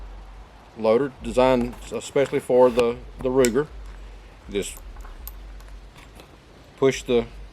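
Someone talks while revolver cartridges are pushed by hand into a plastic speedloader designed for a Ruger revolver. A few small handling ticks are heard around 5.3 to 6.2 seconds. Nothing has seated or clicked yet.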